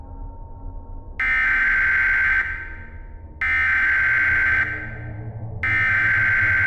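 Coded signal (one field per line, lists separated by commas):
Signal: Emergency Alert System (SAME) tones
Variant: header bursts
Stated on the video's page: Fictional EAS scenario.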